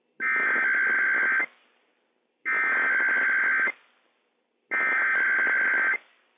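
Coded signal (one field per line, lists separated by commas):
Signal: Emergency Alert System (SAME) tones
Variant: header bursts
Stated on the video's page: IPAWS required weekly test on weather radio transmitter WWF56, issued by civil authorities for California, Nevada, Oregon and Washington.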